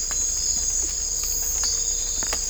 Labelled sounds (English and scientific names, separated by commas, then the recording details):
none
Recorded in dense forest near Puerto Asís, Putumayo, Colombia, on 18 December 2024 at 01:30
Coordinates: 0.500, -76.322
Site G053